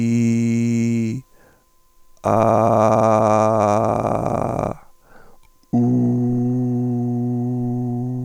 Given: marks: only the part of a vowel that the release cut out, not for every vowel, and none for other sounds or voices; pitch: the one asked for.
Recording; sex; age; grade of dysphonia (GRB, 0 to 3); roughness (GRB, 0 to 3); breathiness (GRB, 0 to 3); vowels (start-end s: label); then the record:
sustained vowels; male; 40 to 49 years; 3; 3; 1
0.00-1.01 s: vowel /i/, normal pitch
2.48-4.37 s: vowel /a/, normal pitch
6.95-7.46 s: vowel /u/, normal pitch
From the record:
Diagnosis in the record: hyperfunctional dysphonia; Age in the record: 45 years